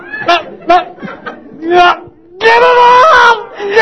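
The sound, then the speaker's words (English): A man's voice acts out screaming in pain: a few short, strained vocal bursts, then a long, loud, harsh yell that holds for about a second before breaking off. “Guy starts screaming his head off.”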